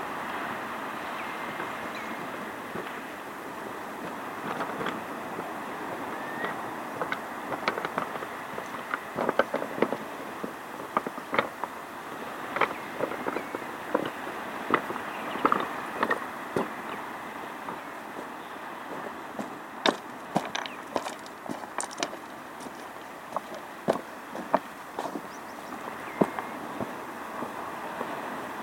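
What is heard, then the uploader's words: Water washes steadily over a stony shore, a constant hiss filling the middle and upper range. Sharp clicks and clatters of knocking stones pop through it irregularly, growing denser and louder from about twenty seconds on. Stony Shore.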